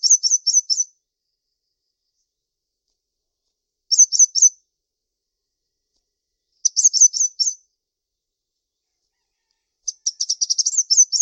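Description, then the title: Java sparrow singing short bursts of quick, high rising notes, spaced several seconds apart, the last burst longer and more rattling. "kicau gelatik"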